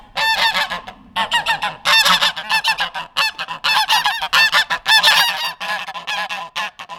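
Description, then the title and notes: Goose flock giving loud, harsh honks in rapid overlapping bursts, a nearly continuous clamour with brief gaps of a fraction of a second. Loud geese recorded in Langel, Cologne, Germany. "Langel, Köln, Deutschland - Gänse. Laute Gänse. Loud Goose"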